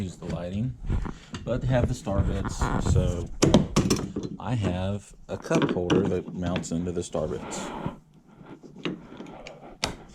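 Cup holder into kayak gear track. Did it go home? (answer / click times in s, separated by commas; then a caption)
yes / 9.8 s. Someone talks about a cup holder that mounts into the starboards of a kayak, then the cup holder is pushed into the kayak's gear track mount. A few short clicks follow, ending with a sharp click at 9.8 seconds as it locks into the track.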